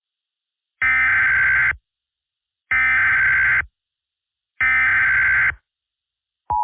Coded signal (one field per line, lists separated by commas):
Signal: Emergency Alert System (SAME) tones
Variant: header bursts